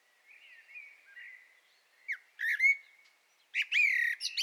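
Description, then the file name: Common blackbird song, soft whistled warbling rising to two loud phrases of mellow fluted notes topped with thin, squeaky twitters. "Turdus merula"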